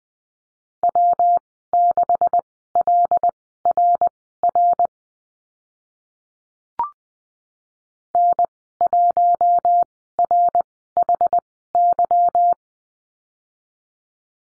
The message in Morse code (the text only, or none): W6LRR N1RHY